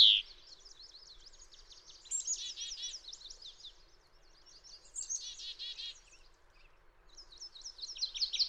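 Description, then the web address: Fox sparrow: faint bursts of quick buzzy notes with quiet gaps between them; a sharp high note opens. "birdsongforthecurious Fox Sparrow"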